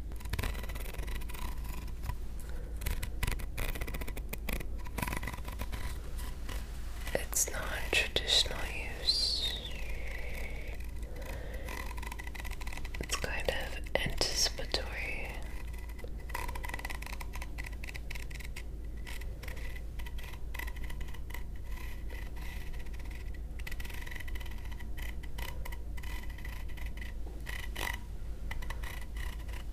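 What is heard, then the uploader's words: Fidget toys click and scrape, with dense rapid clicking throughout and brighter squeaky rubbing around the middle. ASMR Fidget Toys.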